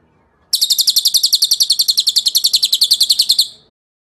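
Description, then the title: Bird song as a fast, evenly spaced string of piercing high chirps, held for about three seconds before fading out. Masteran recording, a bird sound used to train songbirds. "Suara masteran Burung"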